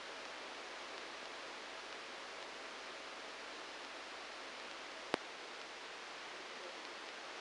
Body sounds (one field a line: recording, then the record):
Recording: brain microelectrode recording played as sound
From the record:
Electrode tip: outside the subthalamic nucleus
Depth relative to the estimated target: 1 mm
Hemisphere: right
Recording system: NeuroSet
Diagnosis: Parkinson's disease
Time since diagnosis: 9 years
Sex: male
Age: 56 years